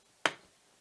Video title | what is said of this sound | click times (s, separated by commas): Heron dipper-T Quick Check | and we're going to give it a push until it clicks and | 0.3 s